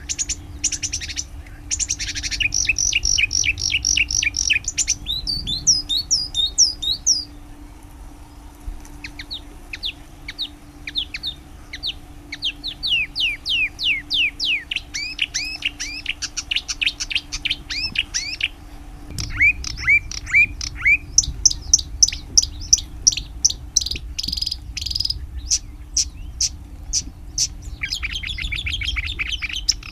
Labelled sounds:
Marsh Warbler (Acrocephalus palustris) song
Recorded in the wild
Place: Anhauser Weiher, DE
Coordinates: 48.8458, 10.6578
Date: 1970-06-06
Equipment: Uher Report 4200, AKG D190C in Doppel-Parabolreflektor
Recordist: Krey, Winfried

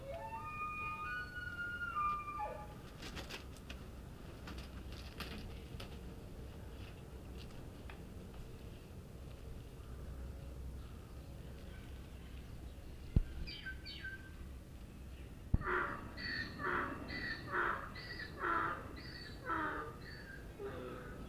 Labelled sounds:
Wapiti (Cervus canadensis)
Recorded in captivity
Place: Tierpark Berlin, Berlin, DE
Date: 1967-09-02
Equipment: R 20/2, Sennheiser MD 421
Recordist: Tembrock, Günter

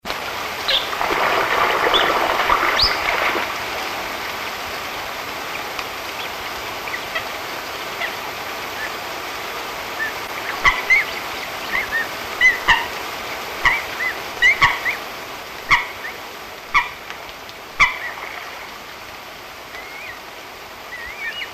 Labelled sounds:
Eurasian Coot (Fulica atra) call
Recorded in the wild
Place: Krombachtalsperre, DE
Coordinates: 50.6217, 8.12722
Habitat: Wetland
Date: 1963-08-23
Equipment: Uher Report 4000, AKG D190
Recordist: Krey, Winfried

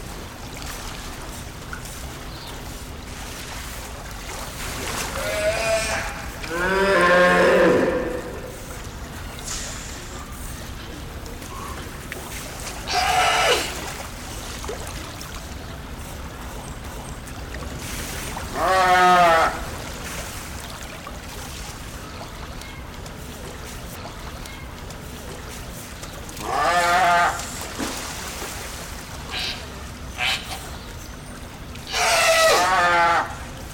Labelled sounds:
California Sea Lion (Zalophus californianus) call
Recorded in captivity
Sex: group
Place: Zoo Berlin, Berlin, DE
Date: 1996-01-12 10:24
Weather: bedeckt, um 0°C
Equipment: Marantz CP 430, Sennheiser ME 80, Kopie Uher 4000 Report Monitor
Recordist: Tembrock, Günter

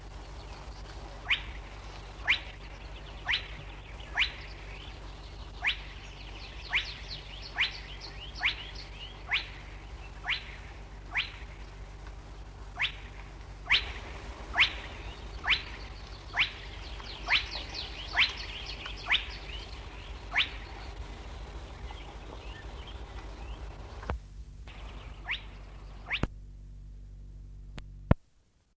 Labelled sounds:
Spotted Crake (Porzana porzana)
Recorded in the wild
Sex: male
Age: adult
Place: Plothen, Thüringen, DE
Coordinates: 50.6519, 11.7633
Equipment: Optacord 412, LDM 2
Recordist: Stiefel, Arnd
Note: Juni 1964: Rufreihen eines Männchens

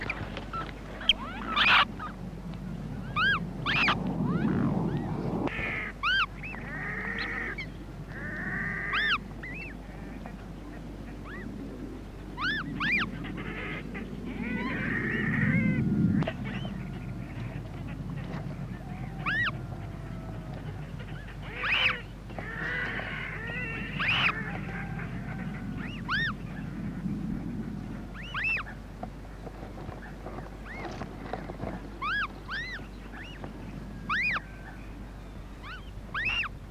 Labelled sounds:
Eurasian Coot (Fulica atra) call
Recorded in the wild
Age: juvenile
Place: Petershain, Niederlausitz, Sachsen, DE
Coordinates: 51.3167, 14.7514
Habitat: pond
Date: 1963-06-10
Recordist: Meyer, Hugo

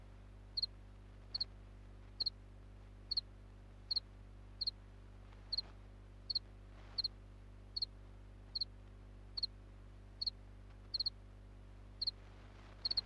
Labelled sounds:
House Cricket (Acheta domesticus) stridulation
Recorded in captivity
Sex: male
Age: imago
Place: DE
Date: 1962-01-31 13:45
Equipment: Smaragd, Grundig-Mikrofon
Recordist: unbekannt, keine Angabe
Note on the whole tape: Spontangesang von Männchen 1; Mikrofonabstand erst 20 cm, später 10 cm

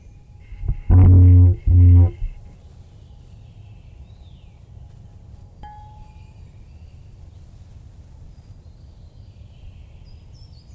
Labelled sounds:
Short-toed Treecreeper (Certhia brachydactyla) song
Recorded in the wild
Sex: male
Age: adult
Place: Freiburg, Baden-Württemberg, DE
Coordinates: 48.0333, 7.82472
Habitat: Schonung
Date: 1960-03-25
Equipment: Maihak MMK 4, Sennheiser MD 82
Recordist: Thielcke, Gerhard
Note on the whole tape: Freiburg, Mooswald, Schonung (eingezäunt)

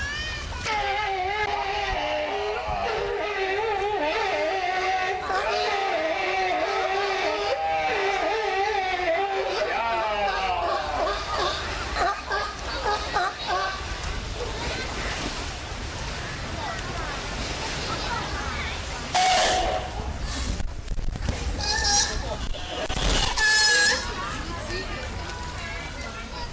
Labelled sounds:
California Sea Lion (Zalophus californianus) call
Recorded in captivity
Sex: male
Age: adult
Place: Tiergarten Wilhelma/Stuttgart, Baden-Württemberg, DE
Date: 1998-10-02 14:50
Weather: overcast, ca.14°C
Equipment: Sony MD-WM MZ-R3, Sennheiser MKH 416 T, Kopie Uher 4000 Report Monitor
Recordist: Tembrock, Günter

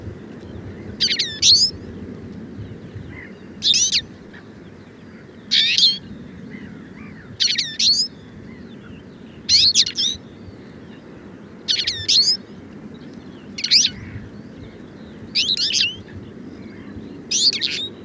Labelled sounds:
Twite (Carduelis flavirostris) song
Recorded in captivity
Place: Trent, Insel Rügen, Mecklenburg-Vorpommern, DE
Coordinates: 54.534, 13.303
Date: 1976-05-09
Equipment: Nagra III BH, Sennheiser MD 21, parabola
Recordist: Schubert, Michael

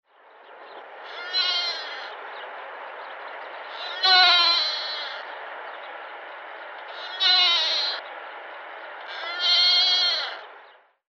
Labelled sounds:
Tur (Capra caucasica)
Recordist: Tembrock, Günter
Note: Rufe eines Weibchens

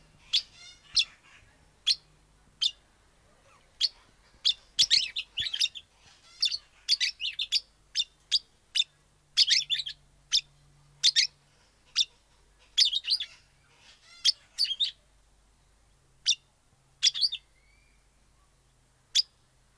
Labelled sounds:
Golden-shouldered Parrot (Psephotus chrysopterygius) call
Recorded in captivity
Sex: pair
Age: adult
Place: Tiergarten Wilhelma/Stuttgart, Baden-Württemberg, DE
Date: 2002-10-05 15:55
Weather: heiter, 15°C
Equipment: Nagra SN, Kopie Uher 4000 Report Monitor
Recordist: Tembrock, Günter

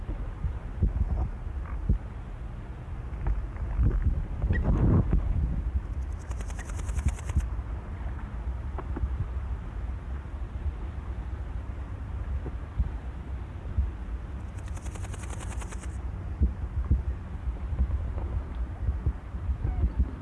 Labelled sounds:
Large Gold Grasshopper (Chrysochraon dispar) stridulation
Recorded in the wild
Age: imago
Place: Königswartha, Oberlausitz, Sachsen, DE
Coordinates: 51.3106, 14.2772
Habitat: meadow
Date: 1989-08-09 17:51
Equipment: Riporter 6 RG-K, Sennheiser MKH 416 T, Kopie Uher Report Stereo IC
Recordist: Frommolt, Karl-Heinz

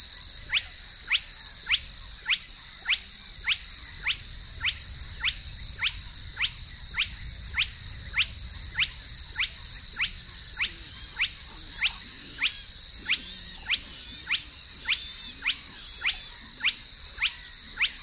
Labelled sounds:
Spotted Crake (Porzana porzana)
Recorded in the wild
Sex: male
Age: adult
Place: Warsow, Kummerower See, Mecklenburg-Vorpommern, DE
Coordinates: 53.8361, 12.8394
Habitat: wetland
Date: 2009-06-16
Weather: heiter, schwacher Wind aus West, ca. 15 °C
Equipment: Sound Devices 702, Sennheiser MKH 70, Popschutz
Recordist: Frommolt, Karl-Heinz

